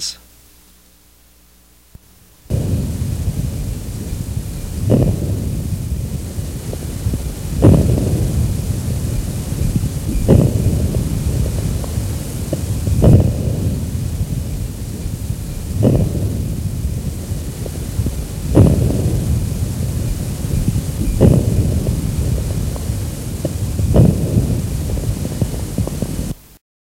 Early inspiratory crackles are characteristic of severe airway obstruction and appear to be produced in the proximal and larger airways. are not silenced by cough or change of posture. Among the diseases associated with early inspiratory crackles are chronic bronchitis, asthma, and emphysema.